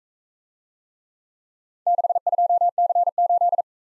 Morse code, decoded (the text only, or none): 62C8